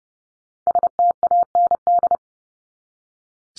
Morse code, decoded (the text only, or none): STAND